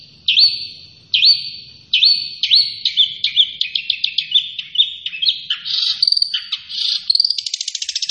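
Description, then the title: Long-tailed shrike song opening with a few clear whistled notes, then quickening varied chips, a harsh burst and a fast rattling trill at the end. Named by the Indonesian local name cendet; described as gacor, an Indonesian term for a bird that sings vigorously and often. "Cendet Gacor"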